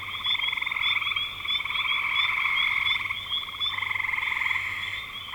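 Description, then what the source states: Frogs giving rattling, pulsed trills in a continuous chorus, with a faint high steady tone throughout. Frogs recorded in spring 2025.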